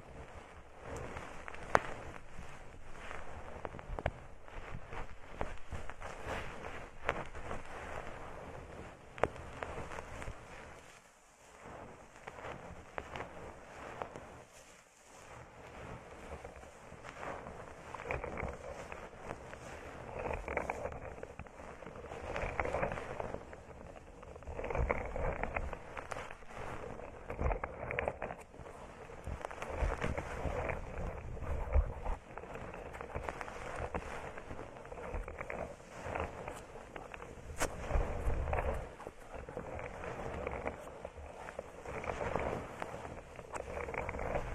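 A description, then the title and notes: Plants are rubbed in circles around the ears, giving a dense, continuous rustling and scratching that swells and fades in slow waves. The sound is mostly mid and bright, with a soft low rumble underneath and brief near-silent gaps around 11 and 15 seconds. Massage the ears with plants, make circles around your ears.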